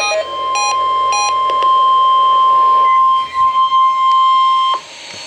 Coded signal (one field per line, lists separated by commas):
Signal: Emergency Alert System (SAME) tones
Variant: 1050 Hz attention tone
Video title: NOAA - Required Weekly Test (EAS #634)